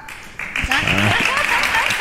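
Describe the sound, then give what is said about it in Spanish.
A burst of audience applause starts abruptly after a brief quiet moment and carries on as a steady, dense wash of clapping, with voices calling out over it. “Oye, a ver, no voy a mandar yo a aplaudir. Esto tiene que salir del público.”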